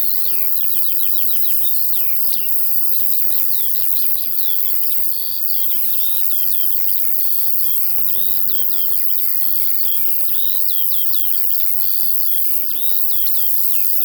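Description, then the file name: Crickets give a continuous high, shimmering trill throughout, with busy bird chirps and twittering notes above a steady low hum. Field ambience with crickets and larks. "Sounds from a Field Larks and Crickets"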